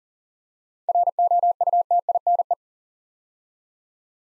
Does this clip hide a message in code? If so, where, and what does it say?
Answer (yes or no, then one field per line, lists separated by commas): yes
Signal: Morse code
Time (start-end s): 0.9-2.5 s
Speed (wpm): 40 wpm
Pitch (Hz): 700 Hz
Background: none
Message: ROUTINE